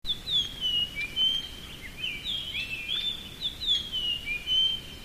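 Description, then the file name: Japanese grosbeak song: clear whistled phrases of sliding, falling and rising notes, repeated back to back with short gaps, over faint background hiss. "ikaru"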